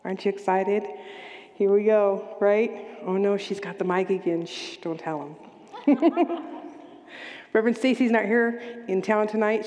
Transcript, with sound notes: Aren’t you excited? Here we go, right? Oh, no, she’s got the mic again. Shhh, don’t tell them. [Laughs] Rev. Stacy’s not here in town tonight.